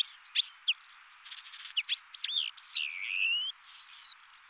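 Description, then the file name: Black redstart song: sharp high notes and whistles, then a brief crackling scratchy burst, followed by slurred and sustained whistled phrases. "Rougequeue Noir"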